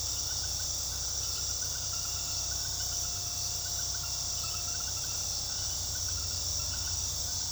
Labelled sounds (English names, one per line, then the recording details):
none
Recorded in pastures near Puerto Asís, Putumayo, Colombia, on 21 February 2024 at 22:00
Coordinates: 0.486, -76.323
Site G6462